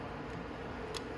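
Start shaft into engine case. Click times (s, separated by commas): 1.0 s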